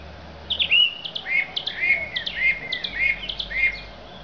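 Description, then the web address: Song Thrush song: a lively stream of short whistled and chirping phrases, several repeated in quick succession. "Zingende lijster"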